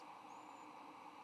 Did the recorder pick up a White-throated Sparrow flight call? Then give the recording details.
no. No flight call is heard. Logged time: 11:22 on 8 November 2014